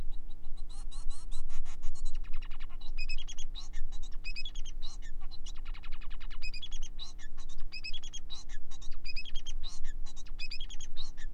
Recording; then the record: song of a male Bengalese finch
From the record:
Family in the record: son of father 4